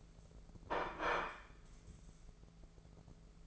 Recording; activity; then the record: daily activity, microphone in the room; place plate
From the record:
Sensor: 5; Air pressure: 1015.2 hPa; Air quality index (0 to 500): 205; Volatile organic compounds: 10 ppm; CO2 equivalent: 2255 ppm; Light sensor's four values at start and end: 78/185/79/86 and 78/184/78/86